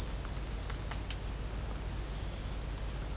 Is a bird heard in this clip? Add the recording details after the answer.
no. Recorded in dense forest near Puerto Asís, Putumayo, Colombia, on 21 December 2024 at 13:30. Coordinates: 0.481, -76.323. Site G100